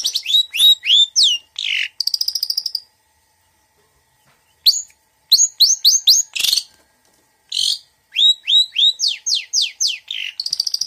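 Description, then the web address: Long-tailed Shrike song in bursts: rapid high chirps and falling whistled slurs in quick series, separated by pauses, with a few harsh buzzy notes. Female bird, described as gacor, singing vigorously. "cendet suara-cendet-betina-gacor"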